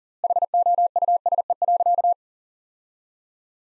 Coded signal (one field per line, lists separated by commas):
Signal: Morse code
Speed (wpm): 40 wpm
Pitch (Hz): 700 Hz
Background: none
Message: HOUSE.